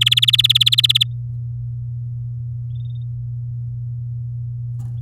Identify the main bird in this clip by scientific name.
Serinus canaria